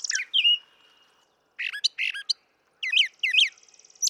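Brown thrasher song: a slurred whistle with a trailing tone, then paired harsh chirps and doubled twisting notes.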